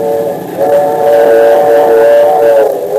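A train about to enter Northern Valley rolls by sounding a long, steady whistle, a loud sustained chord of mid-pitched tones held for several seconds over a low rumbling clatter, with no voices.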